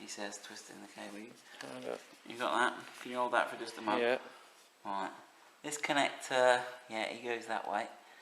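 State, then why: Not seated. A plastic wiring harness connector on a Britpart Land Rover Defender ride-on toy car is lined up the right way round with its mating connector, careful not to twist the cable, while someone talks throughout. Nothing has seated or clicked yet.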